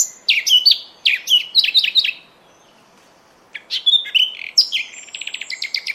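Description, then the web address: Bird singing short bursts of sharp, descending chirps, a silent gap, then more varied high notes ending in a quick trill of repeated clicks. "cianscape. Deverinetal 2025. Bird Only"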